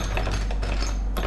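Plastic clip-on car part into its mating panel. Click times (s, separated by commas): 1.2 s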